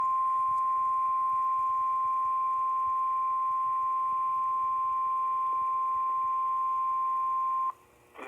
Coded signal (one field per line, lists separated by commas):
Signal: Emergency Alert System (SAME) tones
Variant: 1050 Hz attention tone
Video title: EAS #1,952 Online NOAA Weather Radio Severe Thunderstorm Warning #16 (From LSX) 5/19/25